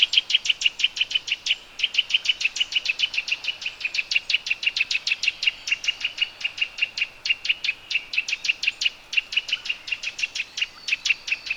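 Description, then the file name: Eurasian nuthatch delivering a long, steady stream of sharp, high repeated notes, several per second, continuing almost without break; no other clear sounds. "Sitta europaea"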